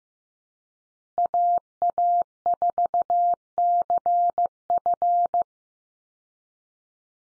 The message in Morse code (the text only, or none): AA4CF